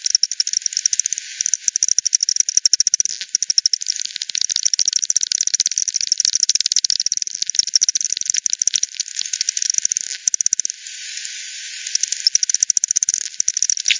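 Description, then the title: Bats ticking in long dense bursts, rattling runs broken by brief pauses, with a short quieter stretch of hiss near the end before clicks resume. Multiple bats at Hogsmill River by Hogsmill Lane, 7 October 2020 at 18:10; frequency-division bat detector recording (FD10), band-pass filtered and resampled. "WW bat 20201007 T 18 : 10 Z-Hogsmill-Lane-Hogsmill-River-multiple-bats"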